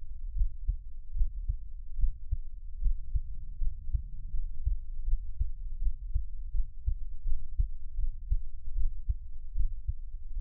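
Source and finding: Heart, close microphone (ASMR). Heartbeat.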